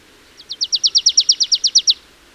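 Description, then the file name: Marsh tit, a single rapid trill of about thirteen bright, downward-slurred chips that grow louder, then stop abruptly; little else audible. "Poecile palustris"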